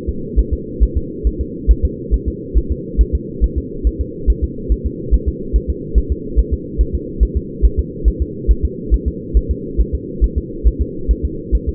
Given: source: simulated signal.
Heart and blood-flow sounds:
fetal heart sounds
0.09 s: S2
0.39 s: S1
0.53 s: S2
0.83 s: S1
0.97 s: S2
1.27 s: S1
1.41 s: S2
1.71 s: S1
1.85 s: S2
2.14 s: S1
2.28 s: S2
2.58 s: S1
2.72 s: S2
3.01 s: S1
3.15 s: S2
3.44 s: S1
3.58 s: S2
3.87 s: S1
4.01 s: S2
4.30 s: S1
4.44 s: S2
4.72 s: S1
4.86 s: S2
5.14 s: S1
5.29 s: S2
5.56 s: S1
5.70 s: S2
5.98 s: S1
6.12 s: S2
6.39 s: S1
6.54 s: S2
6.81 s: S1
6.95 s: S2
7.23 s: S1
7.37 s: S2
7.65 s: S1
7.79 s: S2
8.08 s: S1
8.22 s: S2
8.51 s: S1
8.65 s: S2
8.94 s: S1
9.08 s: S2
9.37 s: S1
9.51 s: S2
9.80 s: S1
9.95 s: S2
10.24 s: S1
10.38 s: S2
10.67 s: S1
10.82 s: S2
11.11 s: S1
11.25 s: S2
11.55 s: S1
11.69 s: S2
From the record:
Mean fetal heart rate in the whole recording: 140 bpm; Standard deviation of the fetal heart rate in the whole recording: 2 bpm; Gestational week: 34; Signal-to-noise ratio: -4.3 dB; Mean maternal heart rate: 72 bpm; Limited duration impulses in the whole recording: present

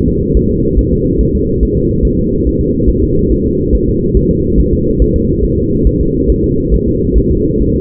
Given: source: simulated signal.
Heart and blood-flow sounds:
fetal heart sounds
0.08 s: S2
0.37 s: S1
0.51 s: S2
0.79 s: S1
0.93 s: S2
1.21 s: S1
1.35 s: S2
1.63 s: S1
1.77 s: S2
2.05 s: S1
2.19 s: S2
2.47 s: S1
2.61 s: S2
2.90 s: S1
3.03 s: S2
3.32 s: S1
3.46 s: S2
3.75 s: S1
3.89 s: S2
4.17 s: S1
4.31 s: S2
4.60 s: S1
4.73 s: S2
5.02 s: S1
5.16 s: S2
5.45 s: S1
5.58 s: S2
5.87 s: S1
6.01 s: S2
6.30 s: S1
6.44 s: S2
6.74 s: S1
6.88 s: S2
7.18 s: S1
7.31 s: S2
7.62 s: S1
7.76 s: S2
From the record:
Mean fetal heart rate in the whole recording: 140 bpm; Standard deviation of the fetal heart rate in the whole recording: 2 bpm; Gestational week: 34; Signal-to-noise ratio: -10.2 dB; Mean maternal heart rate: 72 bpm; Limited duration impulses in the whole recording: present

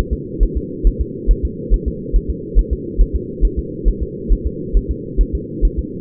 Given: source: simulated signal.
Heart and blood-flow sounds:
fetal heart sounds
0.13 s: S2
0.43 s: S1
0.57 s: S2
0.87 s: S1
1.01 s: S2
1.31 s: S1
1.45 s: S2
1.74 s: S1
1.88 s: S2
2.16 s: S1
2.30 s: S2
2.59 s: S1
2.73 s: S2
3.01 s: S1
3.16 s: S2
3.45 s: S1
3.59 s: S2
3.88 s: S1
4.03 s: S2
4.32 s: S1
4.47 s: S2
4.77 s: S1
4.91 s: S2
5.21 s: S1
5.35 s: S2
5.65 s: S1
5.79 s: S2
From the record:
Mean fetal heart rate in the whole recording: 135 bpm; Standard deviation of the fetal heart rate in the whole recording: 3 bpm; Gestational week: 36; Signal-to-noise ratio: -4.1 dB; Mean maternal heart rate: no maternal heart sound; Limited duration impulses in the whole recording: absent

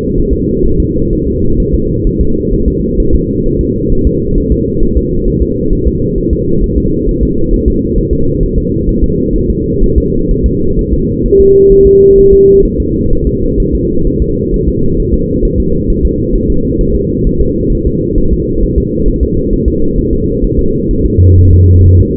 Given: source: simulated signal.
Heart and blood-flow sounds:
fetal heart sounds
0.18 s: S1
0.33 s: S2
0.66 s: S1
0.80 s: S2
1.13 s: S1
1.27 s: S2
1.60 s: S1
1.75 s: S2
2.07 s: S1
2.21 s: S2
2.53 s: S1
2.68 s: S2
3.00 s: S1
3.15 s: S2
3.46 s: S1
3.61 s: S2
3.92 s: S1
4.07 s: S2
4.38 s: S1
4.52 s: S2
4.83 s: S1
4.97 s: S2
5.28 s: S1
5.42 s: S2
5.73 s: S1
5.87 s: S2
6.18 s: S1
6.33 s: S2
6.64 s: S1
6.78 s: S2
7.09 s: S1
7.23 s: S2
7.53 s: S1
7.68 s: S2
7.98 s: S1
8.13 s: S2
8.43 s: S1
8.58 s: S2
8.89 s: S1
9.04 s: S2
9.36 s: S1
9.50 s: S2
9.84 s: S1
9.98 s: S2
10.31 s: S1
10.46 s: S2
10.79 s: S1
10.93 s: S2
11.26 s: S1
11.40 s: S2
11.72 s: S1
11.87 s: S2
12.19 s: S1
12.33 s: S2
12.65 s: S1
12.80 s: S2
13.13 s: S1
13.27 s: S2
13.60 s: S1
13.75 s: S2
14.07 s: S1
14.22 s: S2
14.54 s: S1
14.68 s: S2
15.00 s: S1
15.14 s: S2
15.45 s: S1
15.60 s: S2
15.90 s: S1
16.05 s: S2
16.36 s: S1
16.50 s: S2
16.81 s: S1
16.96 s: S2
17.27 s: S1
17.41 s: S2
17.73 s: S1
17.87 s: S2
18.18 s: S1
18.33 s: S2
18.63 s: S1
18.78 s: S2
19.08 s: S1
19.23 s: S2
19.53 s: S1
19.68 s: S2
19.99 s: S1
20.13 s: S2
20.44 s: S1
20.59 s: S2
20.91 s: S1
21.06 s: S2
21.38 s: S1
21.53 s: S2
21.86 s: S1
22.00 s: S2
From the record:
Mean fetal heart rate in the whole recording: 130 bpm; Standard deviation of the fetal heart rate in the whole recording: 4 bpm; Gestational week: 38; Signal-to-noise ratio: -16.4 dB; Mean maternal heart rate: 72 bpm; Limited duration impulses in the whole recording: present

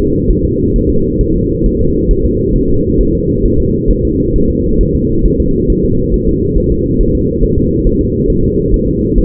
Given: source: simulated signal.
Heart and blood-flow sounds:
fetal heart sounds
0.31 s: S1
0.45 s: S2
0.76 s: S1
0.90 s: S2
1.21 s: S1
1.36 s: S2
1.66 s: S1
1.81 s: S2
2.11 s: S1
2.25 s: S2
2.56 s: S1
2.70 s: S2
3.01 s: S1
3.15 s: S2
3.45 s: S1
3.60 s: S2
3.91 s: S1
4.05 s: S2
4.36 s: S1
4.50 s: S2
4.81 s: S1
4.95 s: S2
5.26 s: S1
5.40 s: S2
5.70 s: S1
5.84 s: S2
6.14 s: S1
6.28 s: S2
6.58 s: S1
6.72 s: S2
7.01 s: S1
7.15 s: S2
7.44 s: S1
7.58 s: S2
7.87 s: S1
8.01 s: S2
8.30 s: S1
8.44 s: S2
8.74 s: S1
8.88 s: S2
9.18 s: S1
From the record:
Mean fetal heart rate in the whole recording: 135 bpm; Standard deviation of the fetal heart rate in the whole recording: 3 bpm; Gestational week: 36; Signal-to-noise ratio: -15.3 dB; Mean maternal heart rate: 72 bpm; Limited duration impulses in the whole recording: present

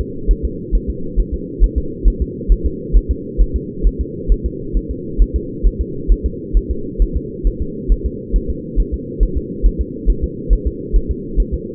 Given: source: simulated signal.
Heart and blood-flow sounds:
fetal heart sounds
0.01 s: S2
0.31 s: S1
0.45 s: S2
0.75 s: S1
0.90 s: S2
1.20 s: S1
1.34 s: S2
1.64 s: S1
1.78 s: S2
2.08 s: S1
2.22 s: S2
2.52 s: S1
2.66 s: S2
2.97 s: S1
3.11 s: S2
3.42 s: S1
3.56 s: S2
3.87 s: S1
4.01 s: S2
4.32 s: S1
4.46 s: S2
4.77 s: S1
4.91 s: S2
5.22 s: S1
5.36 s: S2
5.67 s: S1
5.81 s: S2
6.12 s: S1
6.26 s: S2
6.57 s: S1
6.71 s: S2
7.02 s: S1
7.17 s: S2
7.47 s: S1
7.62 s: S2
7.92 s: S1
8.06 s: S2
8.36 s: S1
8.50 s: S2
8.80 s: S1
8.94 s: S2
9.23 s: S1
9.38 s: S2
9.66 s: S1
9.81 s: S2
10.10 s: S1
10.24 s: S2
10.53 s: S1
10.67 s: S2
10.96 s: S1
11.11 s: S2
11.40 s: S1
11.54 s: S2
From the record:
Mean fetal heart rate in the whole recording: 135 bpm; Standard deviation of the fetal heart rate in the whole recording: 3 bpm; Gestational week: 36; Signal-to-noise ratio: -4.3 dB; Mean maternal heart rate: 72 bpm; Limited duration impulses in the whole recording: absent

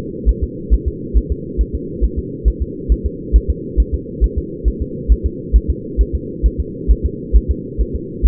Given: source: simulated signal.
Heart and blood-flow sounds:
fetal heart sounds
0.29 s: S1
0.43 s: S2
0.74 s: S1
0.88 s: S2
1.17 s: S1
1.32 s: S2
1.61 s: S1
1.75 s: S2
2.04 s: S1
2.19 s: S2
2.48 s: S1
2.62 s: S2
2.92 s: S1
3.06 s: S2
3.36 s: S1
3.50 s: S2
3.80 s: S1
3.94 s: S2
4.24 s: S1
4.38 s: S2
4.68 s: S1
4.82 s: S2
5.12 s: S1
5.26 s: S2
5.56 s: S1
5.70 s: S2
6.01 s: S1
6.15 s: S2
6.46 s: S1
6.60 s: S2
6.91 s: S1
7.06 s: S2
7.36 s: S1
7.51 s: S2
7.81 s: S1
7.95 s: S2
8.26 s: S1
From the record:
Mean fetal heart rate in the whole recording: 135 bpm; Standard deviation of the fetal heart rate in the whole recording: 3 bpm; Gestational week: 34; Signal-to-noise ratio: -4.1 dB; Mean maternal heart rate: no maternal heart sound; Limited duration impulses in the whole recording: absent

